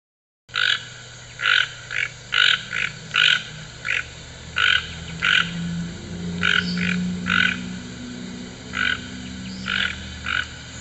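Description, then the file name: Toucan croaks, harsh grating notes in pairs and singles repeated roughly once a second for the whole stretch, accompanied by a low humming drone. "Canto do Tucano"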